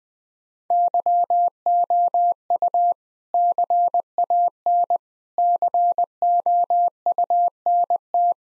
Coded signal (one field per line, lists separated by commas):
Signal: Morse code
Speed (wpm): 21 wpm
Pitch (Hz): 700 Hz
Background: none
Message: YOU CAN COUNT